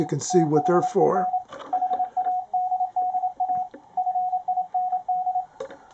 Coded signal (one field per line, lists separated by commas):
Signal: Morse code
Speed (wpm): 27 wpm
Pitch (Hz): 730 Hz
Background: speech, radio noise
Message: THEN HADDA FIND